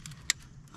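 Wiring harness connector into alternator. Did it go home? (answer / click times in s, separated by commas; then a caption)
yes / 0.3 s. A wiring harness electrical connector is pushed back onto the new alternator on a Ford F250 truck engine during an alternator replacement to fix a dead battery. After a faint tick at 0.1 s, a sharp, bright snap at 0.3 s marks the connector clicking into place over a low background rumble. The connector is confirmed seated.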